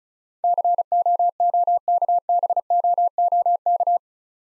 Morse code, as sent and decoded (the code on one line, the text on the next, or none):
-.-. --- --- -.- -... --- --- -.-
COOKBOOK